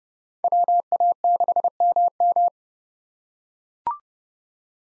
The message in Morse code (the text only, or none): WA6MM